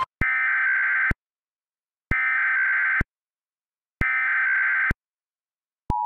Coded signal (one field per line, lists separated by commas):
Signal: Emergency Alert System (SAME) tones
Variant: header bursts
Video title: EAS Mock: The Ultimate Tennesee Mockery